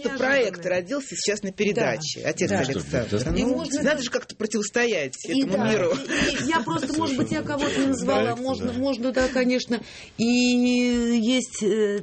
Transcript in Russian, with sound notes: Просто проект родился сейчас на передаче, отец Александр. Надо же как-то противостоять этому миру… (смеется)
Я просто… может быть, я кого-то не назвала… можно, да, конечно. И есть